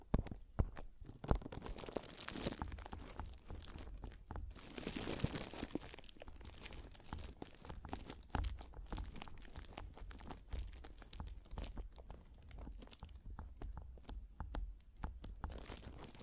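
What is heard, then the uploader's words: Mic tapping and scratching: a dense run of short, sharp taps and crackly scratches over a steady low rumble. Quick clicks land irregularly throughout, with brighter, rougher scraping swells around 2–3 seconds and again near 5 seconds. ASMR Mic Tapping and Scratching (No Talking).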